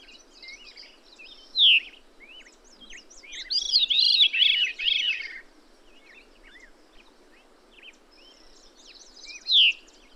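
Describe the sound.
Bird song: a sharp downslurred note, then a dense phrase of rapid arched notes, another sharp downslurred note near the end, amid scattered high chirps.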